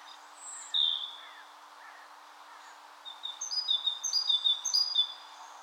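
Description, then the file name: Great tit: a single high note early, then a run of repeated thin, high notes over soft background noise. "Parus major"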